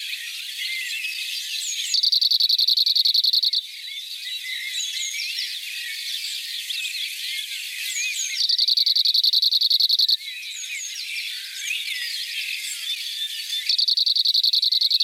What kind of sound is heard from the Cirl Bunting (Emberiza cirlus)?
song